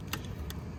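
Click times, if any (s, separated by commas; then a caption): none. A large plastic wiring harness connector is slid onto a new driver's side (left side) door lock switch on a 2005–2010 Pontiac G5 during a switch replacement. Two brief, sharp handling ticks are heard at about 0.1 s and 0.5 s over a steady low rumble. The connector has not clicked or seated yet.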